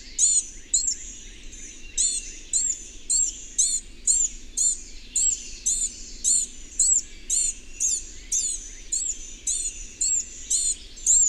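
Bird chirping high and sharp in a fast, slightly uneven run of repeated notes against low background noise.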